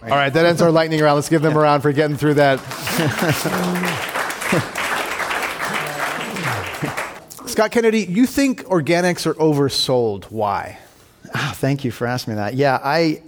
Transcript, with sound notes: All right. That ends our lightning round. Let’s give them a round for getting through that.
[Applause]
Scott Kennedy, you think organics are oversold, why?
Thank you for asking me that.